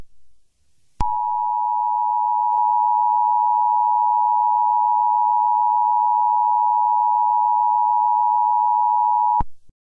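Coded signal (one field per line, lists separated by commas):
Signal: Emergency Alert System (SAME) tones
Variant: 853 and 960 Hz attention tone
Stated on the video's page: Fictional scenario alert, not a real broadcast.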